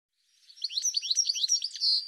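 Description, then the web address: Bird with a quick, jumbled run of high chirping and twittering notes that swells in over two seconds. "cianscape birddata Deverinetal 2025 File cleaned normalized Bird"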